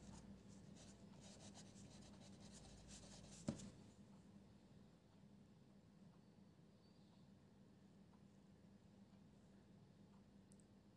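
Pencil scribbling fills the first three and a half seconds with quick, dense, scratchy strokes, ending in one sharp tap. After that the writing stops, leaving only a few faint ticks over a steady low hum that runs through the whole clip.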